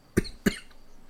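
Two sharp, explosive cough bursts from an adult, about a third of a second apart: an irritant cough right after eating a Carolina Reaper plus chocolate Bhutlah pepper during a hot pepper challenge.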